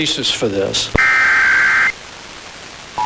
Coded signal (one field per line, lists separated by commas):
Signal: Emergency Alert System (SAME) tones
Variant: header bursts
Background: speech